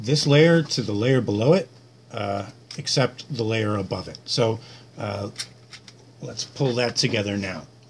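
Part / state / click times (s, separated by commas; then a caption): plastic lid onto stacked enclosure layers / not seated / none. Someone talks while handling the stacked layers of a 3D-printed enclosure, getting ready to pull them together and press the plastic lid onto the unit. A faint steady low hum runs under the speech. Nothing has seated or clicked yet.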